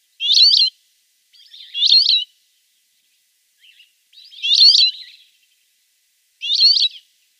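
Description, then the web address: Rock sparrow song: four harsh, buzzy, wheezy high phrases at intervals of about two seconds, with a few softer notes between. "Schulze Peter Rock Sparrow song"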